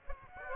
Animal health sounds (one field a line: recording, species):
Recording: mosquito wingbeat signal from an infrared sensor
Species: Aedes aegypti